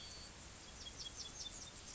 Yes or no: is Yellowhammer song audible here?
no